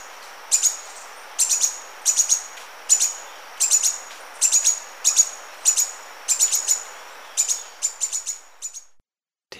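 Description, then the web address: Red-faced spinetail calling with clusters of high, sharp chips repeated at irregular short intervals, ending abruptly. Recorded in Ecuador. "Natures Songs S America Birds of Ecuador Red-faced Spinetail"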